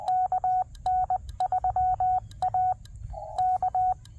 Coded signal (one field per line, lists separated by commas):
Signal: Morse code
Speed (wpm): 20 wpm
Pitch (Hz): 740 Hz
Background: none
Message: KN3A K